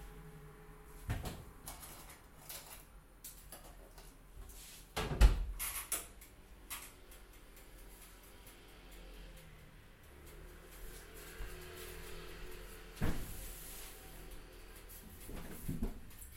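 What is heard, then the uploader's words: Early morning bakery ambience of irregular knocks, clacks and clinks, like utensils set down and cupboards or drawers handled. The loudest thumps land around five and thirteen seconds, with quieter taps between. A low, steady hum and a faint high whine run underneath throughout. Early morning Valencian bakery ambience. It's 04:30 AM in one of Valencia's oldest bakeries, Forn Desamparats. The bakery assistant begins preparations before opening at 06:30 AM. Recorded by Carlos Berrizbeitia.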